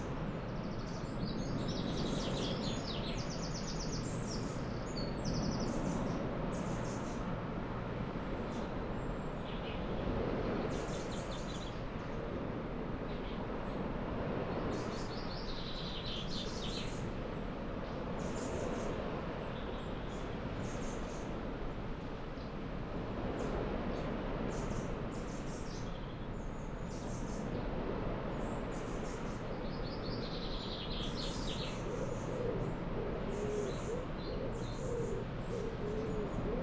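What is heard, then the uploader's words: A coastal outdoor scene by an old fort, with a steady low rumble of wind and surf filling the whole recording. Bird chirps and calls pop out repeatedly above it, clustered around the start, the middle and near the end, with a faint vehicle hum behind. Coastal scapes. Nothe Fort on the Jurassic coast of England.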